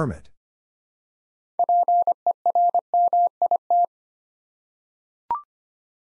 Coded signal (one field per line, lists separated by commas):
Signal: Morse code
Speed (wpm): 25 wpm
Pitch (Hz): 700 Hz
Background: none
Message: PERMIT